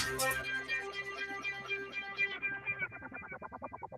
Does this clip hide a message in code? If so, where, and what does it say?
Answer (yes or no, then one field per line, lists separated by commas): no